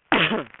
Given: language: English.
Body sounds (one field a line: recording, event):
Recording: throat vibration sensor signal played as sound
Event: cough